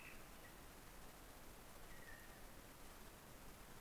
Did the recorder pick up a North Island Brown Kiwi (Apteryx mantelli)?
no